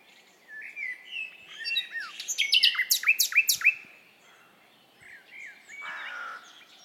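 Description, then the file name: Common nightingale song: soft whistles building into a loud series of repeated sharp chirps, then a pause and a final phrase. "Luscinia megarhynchos"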